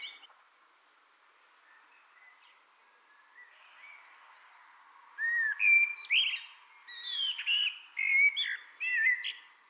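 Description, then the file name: Common blackbird song: after a quiet start, a run of clear fluty whistles mixed with high, thin squeaky notes. "Turdus merula"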